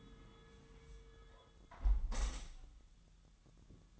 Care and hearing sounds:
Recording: daily activity, microphone in the room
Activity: close window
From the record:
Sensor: 3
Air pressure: 999.8 hPa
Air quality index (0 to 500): 221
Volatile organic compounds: 85 ppm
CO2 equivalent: 3649 ppm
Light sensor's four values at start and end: 10/24/10/9 and 9/22/9/9

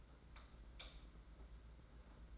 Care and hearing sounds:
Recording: daily activity, microphone in the room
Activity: light off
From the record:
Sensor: 3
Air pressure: 991.9 hPa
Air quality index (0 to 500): 219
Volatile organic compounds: 1000 ppm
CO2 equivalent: 7490 ppm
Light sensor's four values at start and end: 18/44/18/16 and 16/38/15/14

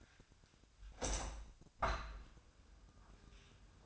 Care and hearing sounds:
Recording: daily activity, microphone in the room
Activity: open window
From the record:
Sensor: 2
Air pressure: 1004.5 hPa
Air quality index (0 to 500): 113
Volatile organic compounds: 3 ppm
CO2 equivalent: 1363 ppm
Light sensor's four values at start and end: 6/14/5/6 and 6/14/5/6

